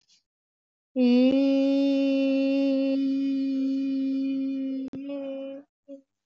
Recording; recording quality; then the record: sustained vowel as in beet; excellent, no background noise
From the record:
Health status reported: healthy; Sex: female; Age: 54 years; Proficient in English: yes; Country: India